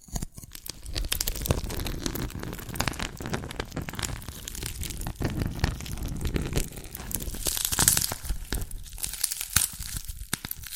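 Dalgona candy is tapped and cracked in a dense, continuous run of sharp crinkly snaps and crunches, bright and busy throughout.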